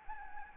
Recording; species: mosquito wingbeat signal from an infrared sensor; Anopheles gambiae